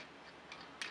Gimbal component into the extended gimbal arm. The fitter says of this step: All right, now that'll just kind of pop into place with gentle pressure. There we go.